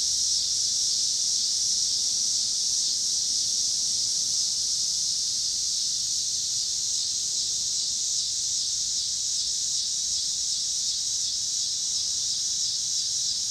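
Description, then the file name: Cicadas produce an unbroken, high-pitched sizzling drone over a faint low background rumble. Cicadas with car noise in Pittsburgh, Pennsylvania, on 26 August 2023. "2023-08-26 cicadas and cars Pittsburgh PA"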